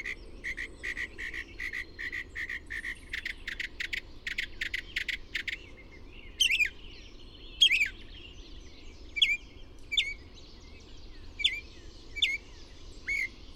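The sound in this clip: Bird song starting with a buzzy run of rapid notes, followed by spaced, sharp descending notes over noticeable background noise.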